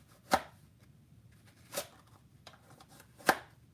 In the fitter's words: and then the mag just locks into place.